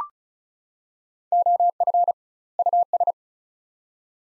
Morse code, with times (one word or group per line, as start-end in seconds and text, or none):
1.3-2.1 OF
2.6-3.1 US